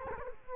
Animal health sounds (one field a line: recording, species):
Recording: mosquito wingbeat signal from an infrared sensor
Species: Culex quinquefasciatus